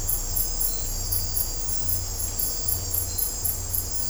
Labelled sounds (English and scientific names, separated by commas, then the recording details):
none
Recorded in dense forest near Puerto Asís, Putumayo, Colombia, on 20 December 2024 at 01:00
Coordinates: 0.503, -76.323
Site G043